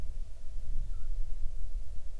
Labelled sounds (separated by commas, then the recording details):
bird, wind
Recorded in the Arctic National Wildlife Refuge, Alaska, on 6 July 2019 at 01:11
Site 39